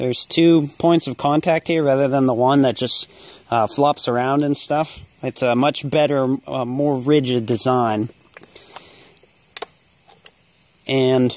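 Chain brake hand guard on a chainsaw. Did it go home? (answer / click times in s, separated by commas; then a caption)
yes / 9.6 s. Someone talks, then works the chain brake handle on a new Timberpro 62 cc chainsaw, which has a plastic hand guard on a metal mechanism. After a few faint taps around 8.4 and 8.8 seconds, a sharp double click at 9.6 seconds marks the brake clicking into place. The talking resumes briefly at the end.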